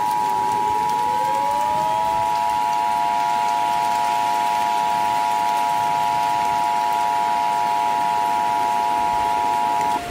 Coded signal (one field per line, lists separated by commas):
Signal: Emergency Alert System (SAME) tones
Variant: 853 and 960 Hz attention tone